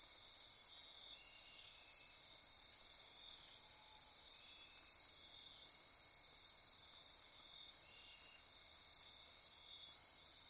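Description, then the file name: Insect chorus, a dense unbroken shrill wall of high buzzing with layered bands, plus softer pulsing trills beneath. Insect chorus recorded at midnight near Corcovado. "Wind-is-the-Original-Radio-Fridays 20240628 Andy-Martin Midnight-Insect-Chorus-Near-Corcovado"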